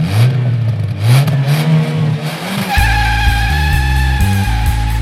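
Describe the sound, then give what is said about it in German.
A car engine revs and accelerates, its low rumble rising in pitch, then shifts to a loud, steady roar with stepped gear changes and a high whine running over it. “Kein Gedanke, nur der Motor, die Straße, die Lichter.”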